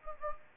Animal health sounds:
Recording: mosquito wingbeat signal from an infrared sensor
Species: Anopheles gambiae

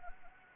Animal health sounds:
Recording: mosquito wingbeat signal from an infrared sensor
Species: Anopheles arabiensis

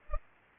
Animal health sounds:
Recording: mosquito wingbeat signal from an infrared sensor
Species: Culex pipiens

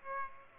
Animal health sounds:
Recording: mosquito wingbeat signal from an infrared sensor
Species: Aedes aegypti

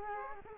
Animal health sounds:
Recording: mosquito wingbeat signal from an infrared sensor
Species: Culex quinquefasciatus

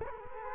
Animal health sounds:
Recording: mosquito wingbeat signal from an infrared sensor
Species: Culex quinquefasciatus

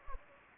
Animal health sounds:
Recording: mosquito wingbeat signal from an infrared sensor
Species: Anopheles gambiae

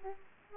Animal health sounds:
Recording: mosquito wingbeat signal from an infrared sensor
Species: Aedes aegypti

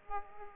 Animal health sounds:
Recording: mosquito wingbeat signal from an infrared sensor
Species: Aedes aegypti

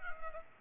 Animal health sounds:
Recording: mosquito wingbeat signal from an infrared sensor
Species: Culex pipiens

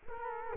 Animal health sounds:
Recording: mosquito wingbeat signal from an infrared sensor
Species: Culex quinquefasciatus

